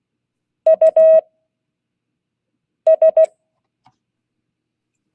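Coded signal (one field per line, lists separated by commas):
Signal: Morse code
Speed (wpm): 16 wpm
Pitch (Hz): 640 Hz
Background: none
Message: US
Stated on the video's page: Morse code class.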